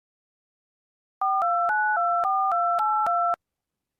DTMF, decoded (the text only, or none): 42924282